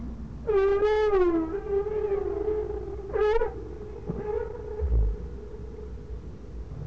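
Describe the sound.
Whale calls: a long warbling tonal cry followed by a sustained steady tone and a second short wavering call, with a low background hum.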